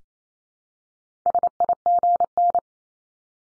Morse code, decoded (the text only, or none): SIGN